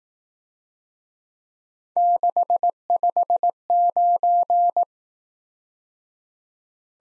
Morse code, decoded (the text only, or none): 659